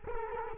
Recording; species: mosquito wingbeat signal from an infrared sensor; Culex quinquefasciatus